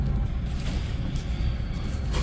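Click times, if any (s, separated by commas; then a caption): none. An orange plastic retaining clip on the door lock rod linkage of a Freightliner M2 truck is handled by hand, ready to be swung up over the rod. A steady low rumble and faint handling noise continue without any sharp click. Nothing has seated or clicked yet.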